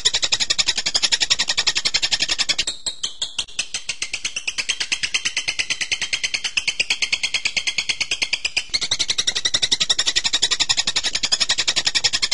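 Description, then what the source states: Bird song of quick high notes strung together in a long rapid series, briefly faltering after a few seconds, then resuming as dense, ringing chatter. Masteran birdsong training recording of bird sounds.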